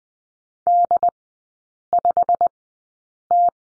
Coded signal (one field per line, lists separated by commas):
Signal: Morse code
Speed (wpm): 20 wpm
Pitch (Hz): 700 Hz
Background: none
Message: D5T